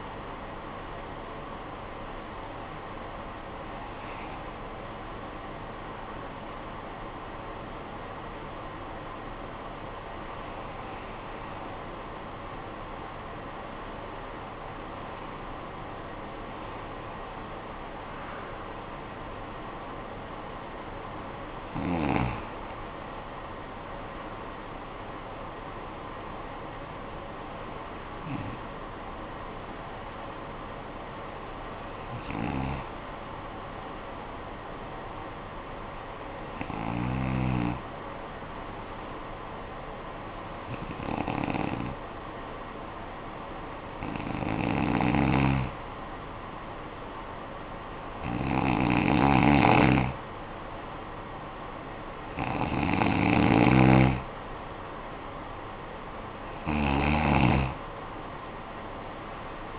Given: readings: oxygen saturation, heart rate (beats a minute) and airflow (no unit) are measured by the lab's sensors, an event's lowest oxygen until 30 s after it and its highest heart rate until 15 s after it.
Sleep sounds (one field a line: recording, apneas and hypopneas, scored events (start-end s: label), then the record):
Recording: breathing in sleep by a voice recorder at the bedside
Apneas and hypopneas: 1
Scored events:
10.00-55.70 s: hypopnea (N1, oxygen 97% highest, then 91% lowest, heart rate 51 at the start, 68 highest)
30.00-59.79 s: new sleep stage, N2 (light sleep)
From the record:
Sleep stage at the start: N1 (lightest sleep)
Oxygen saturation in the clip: 91 to 97%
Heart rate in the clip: 50 to 77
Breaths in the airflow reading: 12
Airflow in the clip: -10.3 to 9.7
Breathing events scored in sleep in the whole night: 445 in 7.6 hours asleep